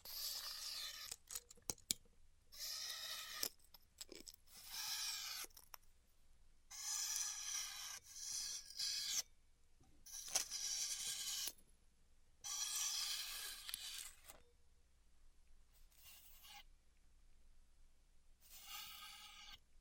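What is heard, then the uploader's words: Styrofoam being heat cut, heard as bursts of bright, hissing, crackly scraping that come and go every second or two, each lasting from a moment to about two seconds. Short sharp clicks and snaps fall between the bursts, with quiet gaps in the later part. ASMR Styrofoam Heat Cutting (No Talking).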